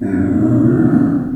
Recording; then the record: squeal of a Yucatan mini pig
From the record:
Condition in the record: after surgery on the right vocal fold (resection and tissue-engineered implant); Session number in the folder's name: 4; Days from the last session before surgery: 26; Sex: female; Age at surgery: 19 weeks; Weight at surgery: 25 kg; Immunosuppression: prednisolone